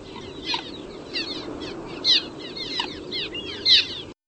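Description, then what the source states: Cliff Swallow calls: dense chorus of scratchy, descending squeaks and chirps from many birds, repeated rapidly with a few louder notes standing out. Calls described as creepy, Hitchcock-like; species nests in colonies of jug-shaped mud nests glued under bridges, very local in Ohio.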